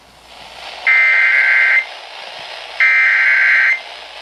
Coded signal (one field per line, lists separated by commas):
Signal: Emergency Alert System (SAME) tones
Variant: header bursts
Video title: RALEIGH PROVED HER WRONG... EAS Alerts from 8/12/18 (EAS #1,611 - 1,613)